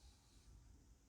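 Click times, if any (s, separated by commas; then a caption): none. An idler assembly is handled as it is refitted over the plastic air brake in the deck mechanism of a Thorn 8940 VHS recorder. Only quiet, steady handling noise and faint hiss are heard, with no sharp click. Nothing has seated or clicked yet.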